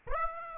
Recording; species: mosquito wingbeat signal from an infrared sensor; Aedes aegypti